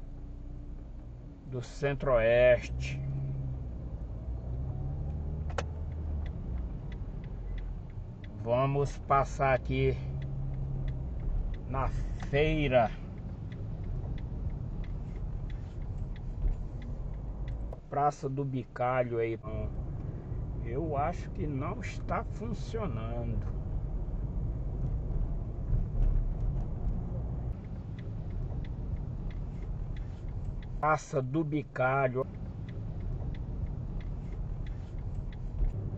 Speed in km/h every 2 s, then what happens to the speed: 0, 14, 18, 12, 15, 17, 15, 18, 23, 28, 34, 32, 28, 31, 33, 37, 31, 25.
0-3 pulls away to 18. 6-19 speeds up to 34. 19-25 steady at about 32. 25-31 speeds up to 37. 31-36 slows to 25.